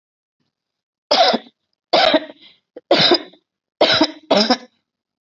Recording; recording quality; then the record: heavy voluntary cough; excellent, no background noise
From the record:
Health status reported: healthy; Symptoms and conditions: none ticked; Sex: female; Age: 49 years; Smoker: not ticked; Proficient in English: yes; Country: India